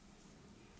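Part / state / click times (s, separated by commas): upper housing part snapping onto lower housing around an RJ45 connector / not seated / none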